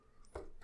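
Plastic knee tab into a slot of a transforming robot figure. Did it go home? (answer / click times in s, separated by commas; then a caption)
yes / 0.4 s. A plastic tab on the knee of a Mastermind Creations PS-17 Probus transforming robot figure is pushed into its slot. After faint handling rustle, a single, not very hard, click sounds at 0.35 s. The tab seats in place.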